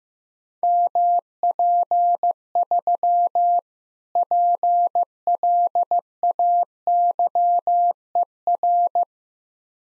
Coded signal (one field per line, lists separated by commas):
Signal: Morse code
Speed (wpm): 17 wpm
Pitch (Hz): 700 Hz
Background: none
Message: MP3 PLAYER